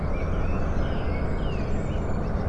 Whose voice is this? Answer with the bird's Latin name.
Turdus merula